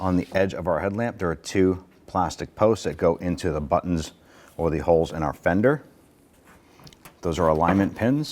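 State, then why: Not seated. A man talks while the headlight assembly of a 2009-2015 Honda Pilot is raised toward the fender, lining up the two plastic alignment posts on its edge with the buttons or holes in the fender. A few faint, brief handling sounds come in a pause near 6.9 and 7.1 seconds before the talking resumes. Nothing has seated or clicked yet.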